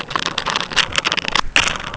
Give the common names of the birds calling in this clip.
none